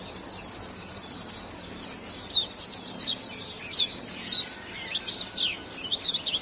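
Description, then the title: White-eye: high thin twittering chirps running on continuously over a noisy, hissing background. "Pleci"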